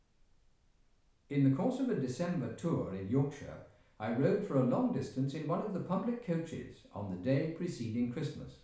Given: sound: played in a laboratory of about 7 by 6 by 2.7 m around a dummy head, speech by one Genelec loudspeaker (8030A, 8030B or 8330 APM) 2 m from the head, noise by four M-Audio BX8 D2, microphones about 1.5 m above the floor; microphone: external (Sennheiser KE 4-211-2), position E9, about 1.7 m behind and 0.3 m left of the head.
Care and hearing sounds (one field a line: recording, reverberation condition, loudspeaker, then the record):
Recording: male speech in English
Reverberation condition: medium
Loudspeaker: 120 degrees to the left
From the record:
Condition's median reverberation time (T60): about 510 ms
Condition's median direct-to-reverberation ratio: about -0.5 dB